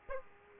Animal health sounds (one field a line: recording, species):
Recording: mosquito wingbeat signal from an infrared sensor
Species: Aedes aegypti